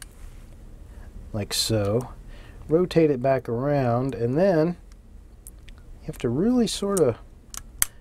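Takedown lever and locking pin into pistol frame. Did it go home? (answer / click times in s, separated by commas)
yes / 7.8 s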